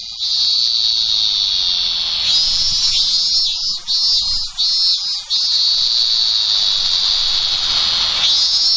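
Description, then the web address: Robust cicada producing a mostly continuous high shrill drone, briefly broken into a few pulses midway. "sikioto insect minminzemi"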